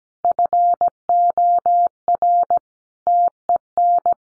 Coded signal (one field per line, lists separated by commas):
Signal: Morse code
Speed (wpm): 17 wpm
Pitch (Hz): 700 Hz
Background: none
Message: FOR TEN